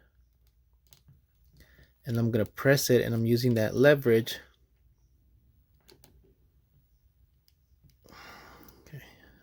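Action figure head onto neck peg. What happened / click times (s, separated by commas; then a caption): The head did not snap onto the neck peg / none. An action figure head is pressed onto a plastic neck peg using leverage while someone talks. Faint ticks and small knocks come through in the quieter stretches, with a rustling shuffle near the end. The head has not snapped onto the peg, and no click has happened yet.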